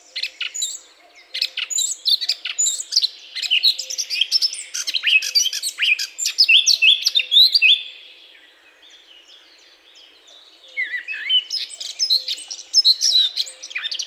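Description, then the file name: Eurasian blackcap delivering a long, fast, varied warble of chirps and whistles, then after a pause the lively twittering resumes. "Sylvia atricapilla"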